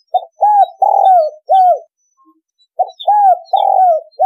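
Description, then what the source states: Spotted dove giving two phrases of mellow arched coos, each with one drawn-out note, while small birds chirp faintly higher up. Spotted dove song in the giọng thổ đồng style.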